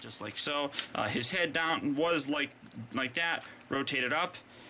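A limb section of a plastic toy figure is rotated up against the figure body during its transformation, with someone talking over faint handling noise. Nothing has seated or clicked yet; the part has not locked into place.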